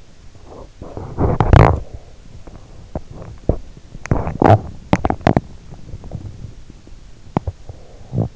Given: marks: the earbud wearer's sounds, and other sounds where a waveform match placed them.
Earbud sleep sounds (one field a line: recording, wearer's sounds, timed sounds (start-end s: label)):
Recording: sounds in sleep by an in-ear microphone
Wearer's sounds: teeth grinding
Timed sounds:
0.45-2.31 s: teeth grinding
2.93-8.36 s: teeth grinding